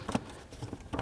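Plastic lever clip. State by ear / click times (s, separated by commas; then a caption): seated / 0.9 s, 1.0 s. On a 2018–2025 Audi B9 (S4, S5, S5 Sportback, Convertible, SQ5), the hood release lever is pushed back onto its plastic detent mount on the front trim in the engine bay after the intake snorkel is reinstalled. A few light plastic taps around 0.1 and 0.15 seconds lead to sharp snaps at 0.9 and 1.0 seconds as the lever seats firmly onto its detent.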